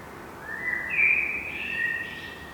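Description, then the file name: Common blackbird singing one smooth, rich whistled phrase that swells and then trails off with a higher, softer tail. "Turdus merula"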